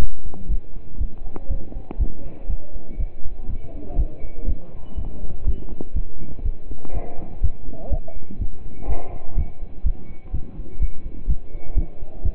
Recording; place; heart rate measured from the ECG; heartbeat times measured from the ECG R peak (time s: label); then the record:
heart sounds by stethoscope; between the tricuspid and mitral areas; 123 bpm
0.00 s: heartbeat
0.50 s: heartbeat
1.00 s: heartbeat
1.50 s: heartbeat
1.99 s: heartbeat
2.49 s: heartbeat
2.99 s: heartbeat
3.49 s: heartbeat
3.98 s: heartbeat
4.48 s: heartbeat
4.97 s: heartbeat
5.46 s: heartbeat
5.96 s: heartbeat
6.45 s: heartbeat
6.93 s: heartbeat
7.42 s: heartbeat
7.92 s: heartbeat
8.40 s: heartbeat
8.89 s: heartbeat
9.37 s: heartbeat
9.85 s: heartbeat
10.33 s: heartbeat
10.81 s: heartbeat
11.29 s: heartbeat
11.76 s: heartbeat
12.24 s: heartbeat
From the record:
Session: pedaling a stationary bicycle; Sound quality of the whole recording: partially saturated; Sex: male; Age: 27 years